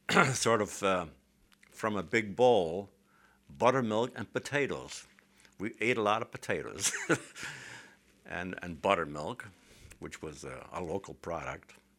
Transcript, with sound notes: sort of from a big bowl, buttermilk and potatoes. We ate a lot of potatoes. ( he laughs ) And buttermilk, which was a local product.